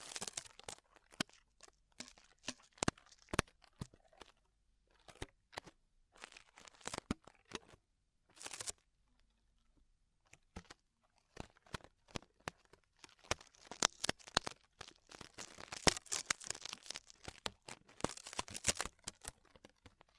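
Extremely tingly ear exploration: dense crinkling and crunching taps, sparse at first with a brief pause near ten seconds, then busier and brighter.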